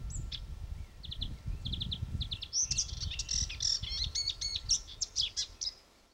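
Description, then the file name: Marsh warbler song: sparse high chips and short trilled notes, building into a rapid run of varied whistles, clicks and slurred notes, over low rumbling noise. Recorded at Fylingen. "myrsanger Fylingen Hjelmaas"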